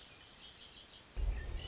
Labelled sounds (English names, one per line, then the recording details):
Red-winged Blackbird
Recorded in Sonoma County, California